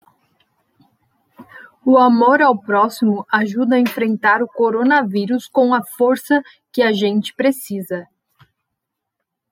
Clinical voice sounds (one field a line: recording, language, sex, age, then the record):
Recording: spoken sentence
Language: Brazilian Portuguese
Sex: female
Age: 30 to 39 years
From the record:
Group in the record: control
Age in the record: 37 years